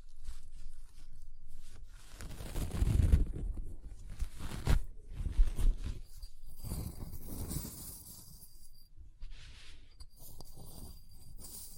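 Ice being scratched and carved, with rough scraping strokes and low thuds, loudest around three and five seconds, then thinner hissing scrapes.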